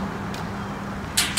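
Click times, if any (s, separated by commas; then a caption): 1.2 s. A hinged steel ACE JT Gladiator Upper Decker cargo cover is lowered onto a pickup truck bed over a steady low hum. Its rear interior latch catches with a sharp metallic click at 1.2 s, followed by a second bright burst just after. The cover locks into place, with the seal pressed across the tailgate.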